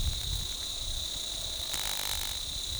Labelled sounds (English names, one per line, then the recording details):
none
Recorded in forest near Pivijay, Magdalena, Colombia, on 18 April 2023 at 08:30
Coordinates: 10.467, -74.380
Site Z5-G034